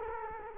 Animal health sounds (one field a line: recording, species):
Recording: mosquito wingbeat signal from an infrared sensor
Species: Culex quinquefasciatus